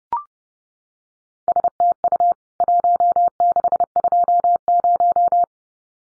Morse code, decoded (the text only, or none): STU 1620